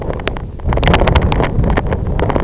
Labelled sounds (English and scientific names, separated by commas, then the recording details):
none
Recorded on Arctic tundra, site IGLO-F, on 25 June 2018
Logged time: 14:00